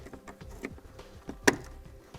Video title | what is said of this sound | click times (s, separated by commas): etrailer - Trailer Wiring Harness Installation - 2005 Honda Odyssey | We want to slide that in and make sure it clicks. | 1.5 s